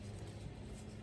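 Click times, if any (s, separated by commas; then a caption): none. A Tesla mobile charger plug is being pushed into a Novion J1772 charging adapter, with only a steady low rumble and hum throughout and no sharp transients. Nothing has seated or clicked yet by the end of the clip.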